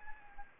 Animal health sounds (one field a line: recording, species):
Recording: mosquito wingbeat signal from an infrared sensor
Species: Anopheles arabiensis